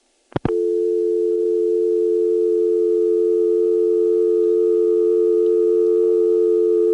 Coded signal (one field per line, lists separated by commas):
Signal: telephone call progress tone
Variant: North America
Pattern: dial tone